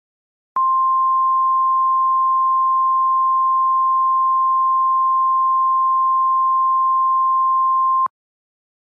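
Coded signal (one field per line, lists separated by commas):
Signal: Emergency Alert System (SAME) tones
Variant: 1050 Hz attention tone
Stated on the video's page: Fictional EAS scenario.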